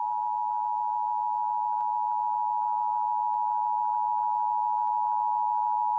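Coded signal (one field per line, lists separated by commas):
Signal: Emergency Alert System (SAME) tones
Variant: 853 and 960 Hz attention tone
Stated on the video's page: National Periodic Test relayed strictly by broadcast TV and AM radio stations, not mobile devices.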